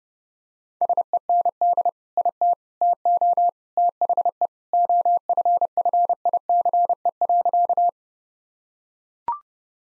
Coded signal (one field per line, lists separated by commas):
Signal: Morse code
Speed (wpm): 32 wpm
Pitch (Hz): 700 Hz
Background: none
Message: SEND IT TO THE OFFICE.